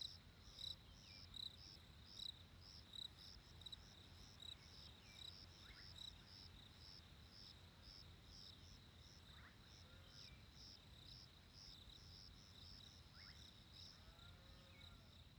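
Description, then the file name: Crickets chirping in a steady, high, pulsed rhythm over a low constant hum. Crickets recorded in winter. "fresh winter crickets"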